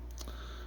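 A plastic peg joint on a 1/6 scale Snake Eyes action figure by ThreeZero is pushed together by hand. A faint tick at 0.1 s is followed by a short, sharp snap at 0.2 s over a steady low hum. The peg is pushed in but not fully home, with part of it still visible.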